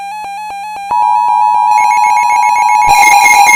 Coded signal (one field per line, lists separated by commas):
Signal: Emergency Alert System (SAME) tones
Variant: 853 and 960 Hz attention tone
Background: music